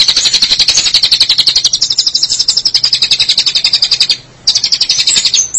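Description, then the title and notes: Shrike song as a fast, machine-like stream of high notes, about four per second, with one brief pause before the rattle continues. "Suara burung pentet"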